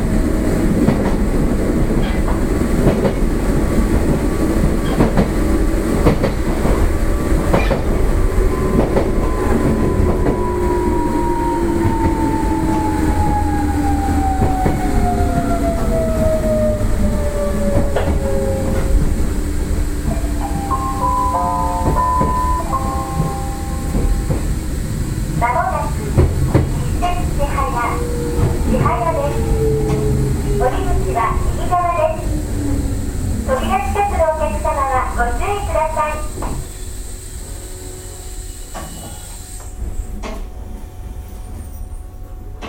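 Running sound from inside a Nishitetsu 600 series electric train: a steady, dense rumble with a motor whine gliding downward over the first twenty seconds. Later, short stepped tones and chimes sound repeatedly between about 21 and 36 seconds, and the rumble thins out near the end.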